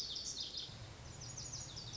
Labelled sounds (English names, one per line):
Lazuli Bunting